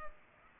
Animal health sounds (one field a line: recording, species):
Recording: mosquito wingbeat signal from an infrared sensor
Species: Culex pipiens